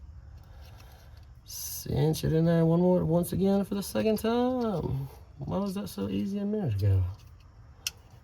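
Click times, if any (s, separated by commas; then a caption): 7.9 s. Someone talks while pushing a plastic electrical wiring connector onto a Hall sensor socket on a carbureted engine for a second try. A single sharp, loud click is heard at 7.9 s as the connector seats.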